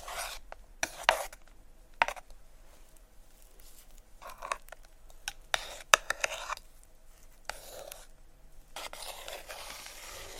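Shaving cream is squished and brushed, giving soft bursts of foamy, crackly rustling that come every second or so. Sharp little pops and wet clicks punctuate the bursts, with quiet pauses between them.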